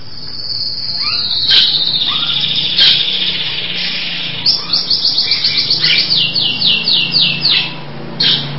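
Nias hill myna song: a long high whistle with scattered downslurred notes, ending in a fast series of descending whistles, over a faint low hum.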